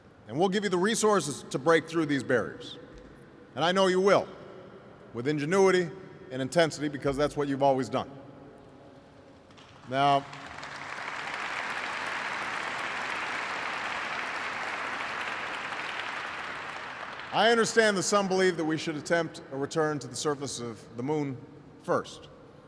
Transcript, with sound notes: And we’ll give you the resources to break through these barriers. And I know you will, with ingenuity and intensity, because that’s what you’ve always done. (Applause.) Now, I understand that some believe that we should attempt a return to the surface of the Moon first,